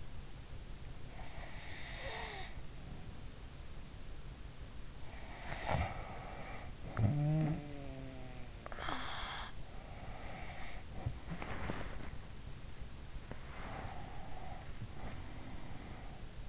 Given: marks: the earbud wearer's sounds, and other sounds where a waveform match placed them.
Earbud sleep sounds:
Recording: sounds in sleep by an in-ear microphone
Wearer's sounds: breath, snoring breath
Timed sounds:
1.42-3.65 s: breath
5.13-8.56 s: snoring breath
8.56-12.56 s: breath
13.22-16.24 s: breath

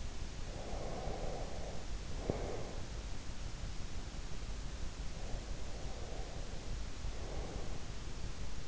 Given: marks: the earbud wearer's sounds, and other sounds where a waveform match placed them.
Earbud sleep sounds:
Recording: sounds in sleep by an in-ear microphone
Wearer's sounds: breath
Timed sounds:
0.48-2.88 s: breath
5.26-8.00 s: breath

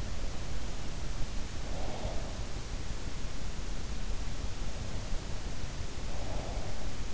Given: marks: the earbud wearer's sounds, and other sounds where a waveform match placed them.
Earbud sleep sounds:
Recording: sounds in sleep by an in-ear microphone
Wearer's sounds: breath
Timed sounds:
1.25-2.45 s: breath
5.47-7.14 s: breath

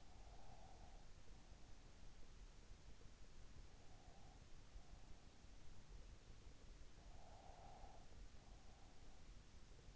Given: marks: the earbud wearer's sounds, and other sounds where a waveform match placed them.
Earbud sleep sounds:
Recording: sounds in sleep by an in-ear microphone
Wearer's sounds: breath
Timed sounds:
0.00-0.94 s: breath
3.57-4.58 s: breath
6.64-9.26 s: breath

